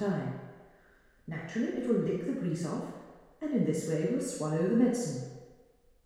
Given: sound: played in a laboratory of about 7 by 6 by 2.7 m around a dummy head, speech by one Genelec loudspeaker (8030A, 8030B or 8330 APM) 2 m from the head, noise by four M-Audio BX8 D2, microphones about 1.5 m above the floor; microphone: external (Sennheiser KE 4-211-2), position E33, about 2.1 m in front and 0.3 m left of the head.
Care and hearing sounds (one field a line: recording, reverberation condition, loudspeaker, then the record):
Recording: female speech in English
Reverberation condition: high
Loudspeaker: 30 degrees to the left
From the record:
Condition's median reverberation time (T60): about 1300 ms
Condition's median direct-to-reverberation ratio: about -4.0 dB